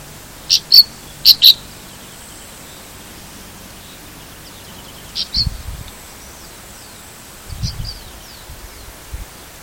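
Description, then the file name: Brown-chested martin calls: sharp, high chirps in a quick cluster of four, then scattered single and paired chirps, with brief low rumbles of noise. Recorded at Laguna del Diario, Uruguay; date given as 22-12-13. "Phaeprogne-tapera-Lagdel Diario-UY-22-12-13-ASilveira"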